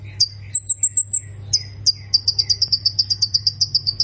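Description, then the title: Plain prinia song: a few thin, high, wavering notes and separate chirps, then a brisk repeated series of sharp ticking notes, with a constant low hum beneath. "Ciblek Sawah"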